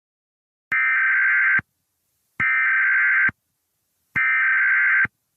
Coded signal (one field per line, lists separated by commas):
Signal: Emergency Alert System (SAME) tones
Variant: header bursts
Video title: EAS Scenario #25 The Demonic Invasion - Computer Demons